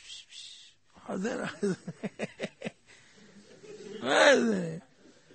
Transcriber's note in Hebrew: צוחק